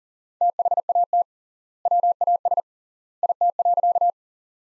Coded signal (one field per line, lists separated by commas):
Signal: Morse code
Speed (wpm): 40 wpm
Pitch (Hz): 700 Hz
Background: none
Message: THAT WAS IT.